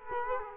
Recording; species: mosquito wingbeat signal from an infrared sensor; Culex quinquefasciatus